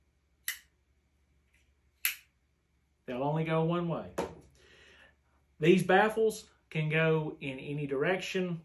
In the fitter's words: where they snap into place